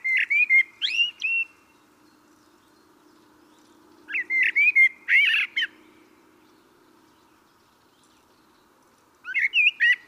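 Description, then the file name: Common blackbird singing rich, low, flute-like warbled phrases that close with thin, scratchy high notes. Three phrases arrive at about four to five second intervals. "Turdus merula"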